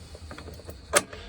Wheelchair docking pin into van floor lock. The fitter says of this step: what you can do is by simply just locking it